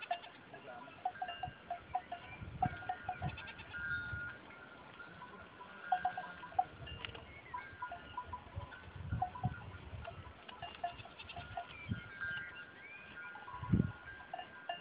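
Goats bleating, overlapping, with scattered clicks and knocks.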